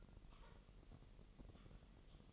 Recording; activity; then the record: daily activity, microphone in the room; typing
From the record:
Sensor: 4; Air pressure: 1002.9 hPa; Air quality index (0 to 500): 248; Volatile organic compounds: 19 ppm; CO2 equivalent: 2652 ppm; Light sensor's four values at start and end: 5/12/4/5 and 5/12/4/5